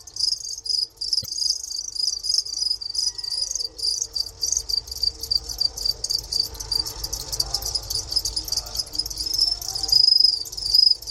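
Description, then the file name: Two-spotted cricket giving rapid, shrill chirps that run together into long trills, pausing briefly, with one sharp click. Kept in a museum in Moscow, Russia; recorded 3 March 2016. "Gryllus bimaculatus in Darvinovskiy museum 2016-03-03"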